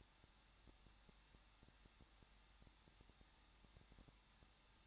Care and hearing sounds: daily activity, microphone in the room; no activity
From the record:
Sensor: 3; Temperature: 21.2 degrees Celsius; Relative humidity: 36.2%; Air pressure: 1006.4 hPa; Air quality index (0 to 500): 221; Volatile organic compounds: 40 ppm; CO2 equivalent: 3140 ppm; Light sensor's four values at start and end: 2/3/2/2 and 2/3/2/2

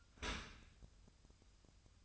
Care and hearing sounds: daily activity, microphone in the room; open dishwasher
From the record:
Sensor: 2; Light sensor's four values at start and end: 6/15/6/6 and 6/15/6/6

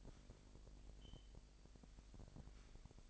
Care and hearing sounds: daily activity, microphone in the room; sweep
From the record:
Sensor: 5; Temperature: 25.1 degrees Celsius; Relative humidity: 39.7%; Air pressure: 1001.7 hPa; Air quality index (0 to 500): 181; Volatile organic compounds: 12 ppm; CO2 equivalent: 2326 ppm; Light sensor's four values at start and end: 28/95/36/38 and 28/95/36/38

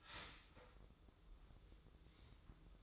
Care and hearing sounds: daily activity, microphone in the room; start toaster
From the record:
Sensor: 3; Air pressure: 995.2 hPa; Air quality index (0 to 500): 75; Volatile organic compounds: 5 ppm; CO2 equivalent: 1749 ppm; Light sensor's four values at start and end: 18/55/23/20 and 18/55/23/20

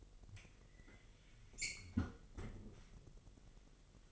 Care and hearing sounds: daily activity, microphone in the room; close fridge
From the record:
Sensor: 4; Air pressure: 1002.9 hPa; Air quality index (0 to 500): 249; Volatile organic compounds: 19 ppm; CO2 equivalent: 2661 ppm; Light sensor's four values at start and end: 4/9/3/4 and 4/9/3/4

